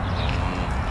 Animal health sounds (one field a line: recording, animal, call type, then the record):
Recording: contact call of a hoofed animal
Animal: cattle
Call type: low-frequency (closed-mouth) or high-frequency (open-mouth) call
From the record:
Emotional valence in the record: negative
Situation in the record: full separation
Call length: 0.91 s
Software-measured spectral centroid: 2270 Hz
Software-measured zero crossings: 1460 a second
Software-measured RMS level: -24 dBFS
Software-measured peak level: -13 dBFS